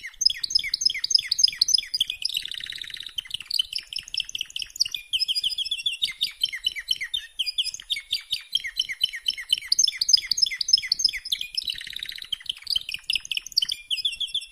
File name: Canary Sound